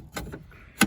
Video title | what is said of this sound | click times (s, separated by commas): How to Replace the Turn Signal Swich on Your 1965/1966 Impala/Caprice With Outstanding Results. | turn it and it locks into place | 0.8 s